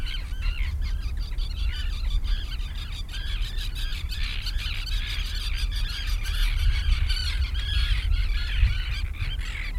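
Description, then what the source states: Gull flock in constant chatter, many squealing and yelping calls layered together, with a deep continuous rumble underneath. Several seagulls near the sea.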